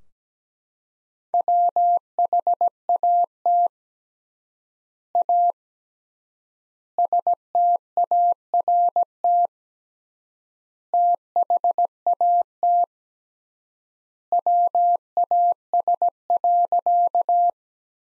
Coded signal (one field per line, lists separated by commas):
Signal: Morse code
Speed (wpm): 17 wpm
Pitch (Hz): 700 Hz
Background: none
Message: WHAT A START THAT WAS.